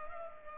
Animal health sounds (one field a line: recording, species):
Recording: mosquito wingbeat signal from an infrared sensor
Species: Culex pipiens